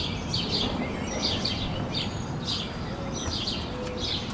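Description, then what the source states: Birds giving intermittent bursts of high chirps over an even low background hum. Recorded at sunrise from a balcony in Denton, Texas.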